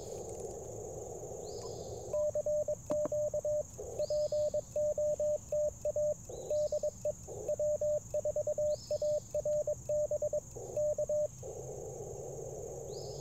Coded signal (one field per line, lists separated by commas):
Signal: Morse code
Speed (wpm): 22 wpm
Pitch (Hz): 590 Hz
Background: radio noise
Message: CQ POTA DE W4ARB K